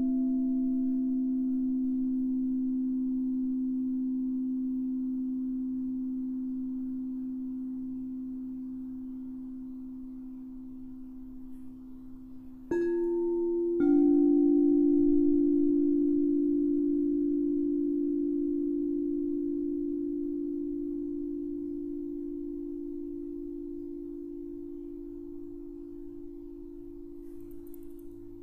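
Crystal singing bowls hum with a steady, pure low-middle tone that slowly fades over the first half. Near 13 and 14 seconds two soft strikes add brighter ringing overtones, and the hum swells louder again before gradually fading toward the end.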